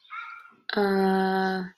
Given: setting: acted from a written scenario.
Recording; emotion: vocal sound without words; confusion